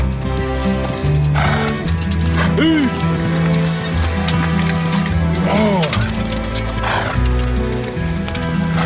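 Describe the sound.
A horse's hooves clip-clop at a steady walking pace amid a constant low rumble, with voices talking over the sharp, irregular hoof strikes.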